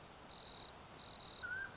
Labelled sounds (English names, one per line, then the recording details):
Mountain Quail
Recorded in Sonoma County, California